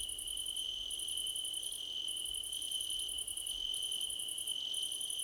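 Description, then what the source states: Crickets giving a steady high trill with repeated bursts of fast pulsed chirps. Crickets in a choir competition.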